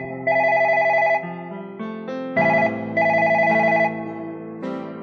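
A telephone rings with an electronic, synthetic melody: bright sustained tones stepping up and down in pitch in short phrases, fairly loud and steady, with no voices.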